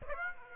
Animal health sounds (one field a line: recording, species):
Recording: mosquito wingbeat signal from an infrared sensor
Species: Aedes aegypti